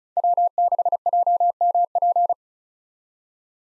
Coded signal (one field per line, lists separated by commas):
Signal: Morse code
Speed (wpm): 34 wpm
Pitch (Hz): 700 Hz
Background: none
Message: W6JMP